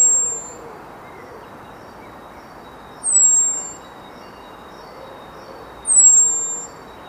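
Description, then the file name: Common blackbird calls: high, thin whistles that fall slightly in pitch, one trailing off at the start and two more about three seconds apart, against a constant low hiss. "Turdus merula"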